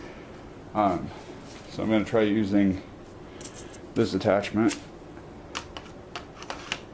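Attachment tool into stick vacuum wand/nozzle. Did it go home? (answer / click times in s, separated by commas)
no / none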